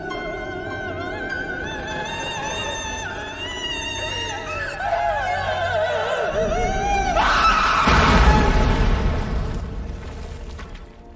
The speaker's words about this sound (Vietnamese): Sau đó bà gào thét, gào thét trong cái tiếng cười của bà Hai Tòng lẫn tiếng khóc ma mị.